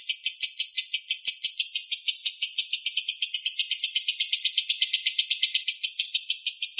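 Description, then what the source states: Lovebird chatter, shrill rapid pulses pouring out in one long even trill, with no pauses. Song style called konslet.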